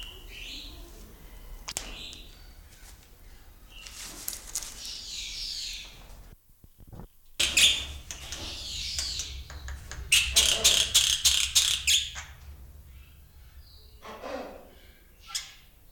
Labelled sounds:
Black-winged Starling
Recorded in captivity
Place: Zoo Berlin, Berlin, DE
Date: 1996-03-23 11:14
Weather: heiter, 4°C
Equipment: Sony WM-D6C, Sennheiser ME 80, Kopie Uher 4000 Report Monitor
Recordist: Tembrock, Günter

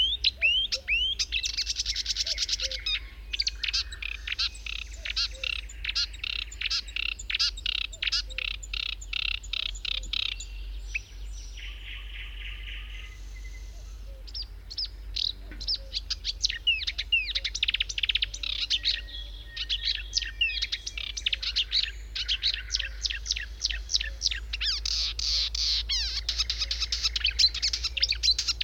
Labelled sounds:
Marsh Warbler song
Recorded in the wild
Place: Buschvitz, Insel Rügen, Mecklenburg-Vorpommern, DE
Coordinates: 54.443, 13.48
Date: 1971-05-29
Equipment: Nagra III BH, Sennheiser MD 21
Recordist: Schubert, Michael

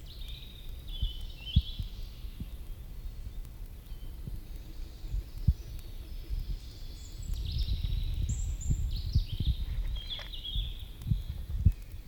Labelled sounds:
Black Woodpecker
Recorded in the wild
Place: Serrahn, Mecklenburg-Vorpommern, DE
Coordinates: 53.67, 12.35
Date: 1969-05-10
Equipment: Nagra III BH, Sennheiser MD 421
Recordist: Schubert, Michael
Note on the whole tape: 1 Paar Schwarzspechte: Trommeln, versch. Rufe (Haltegeräusche Mikro!) (10.-13. 5. 1969)

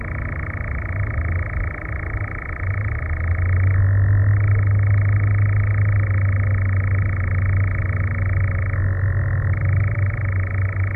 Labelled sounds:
Eurasian Nightjar
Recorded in the wild
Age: adult
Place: Federaun, AT
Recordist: Brunner, Thomas

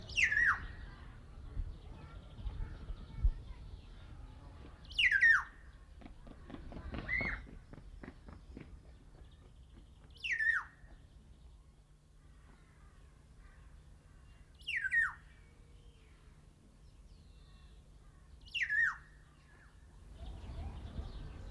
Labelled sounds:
Black-naped Oriole call
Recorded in captivity
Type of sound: call
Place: Zoo Berlin, Berlin, DE
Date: 1995-03-11 10:50
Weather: sonnig, 0 - 5 °C
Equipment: Sony WM-D6C, Sennheiser ME 80, Kopie Uher Variocord 263
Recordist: Tembrock, Günter
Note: Rufreihen. Entfernung: 6 m

